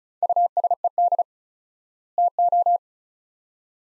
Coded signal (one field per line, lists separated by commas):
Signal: Morse code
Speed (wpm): 34 wpm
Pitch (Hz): 700 Hz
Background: none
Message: USED TO